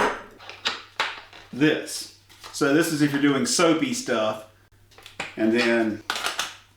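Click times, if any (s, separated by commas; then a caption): none. A plastic accessory part is handled and moved toward its holder on an electric pressure washer while someone talks, with short knocks and taps of plastic handling. Nothing has seated or clicked into place yet by the end of the clip.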